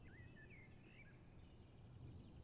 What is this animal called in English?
Common Blackbird